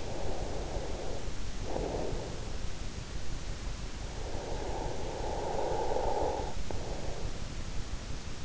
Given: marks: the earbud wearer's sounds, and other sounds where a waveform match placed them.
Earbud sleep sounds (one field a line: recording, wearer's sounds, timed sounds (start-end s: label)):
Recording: sounds in sleep by an in-ear microphone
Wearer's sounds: breath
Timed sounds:
0.00-2.58 s: breath
4.21-7.45 s: breath